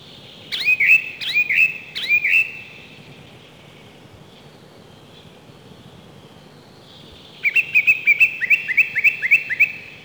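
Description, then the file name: Song thrush song: a whistled note repeated four times, a quiet gap, then a quick series of similar notes repeated several times. "Golosa ptic - Pevchij drozd"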